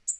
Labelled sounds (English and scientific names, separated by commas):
Tennessee Warbler (Leiothlypis peregrina) flight call